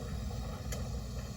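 A hot home-canned glass mason jar cools after pressure canning, and its domed metal lid is sucked down by the vacuum as it seals. A low steady rumble runs throughout, broken by one small, sharp pop at 0.7 s. The lid seats, confirming the seal.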